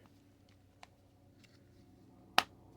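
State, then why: Seated. A plastic key fob cover for a 2021-and-newer Toyota RAV4 Prime is pressed closed onto the key fob housing after a new coin cell battery and membrane are placed inside. A few faint ticks come first, then a loud, sharp snap at 2.4 s as the cover seats.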